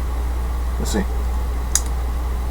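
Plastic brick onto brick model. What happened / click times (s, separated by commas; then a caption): The plastic brick snapped on / 1.8 s. Someone talks briefly, then another plastic brick is pressed onto a brick model and seats with a loud, sharp snap at 1.8 s, a good snap sound. A steady low hum runs underneath throughout.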